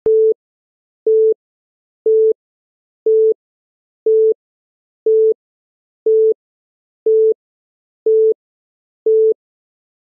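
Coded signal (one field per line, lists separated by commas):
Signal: none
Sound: countdown timer beeps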